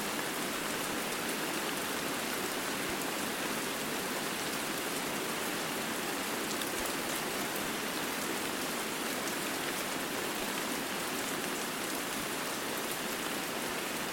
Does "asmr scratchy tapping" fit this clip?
no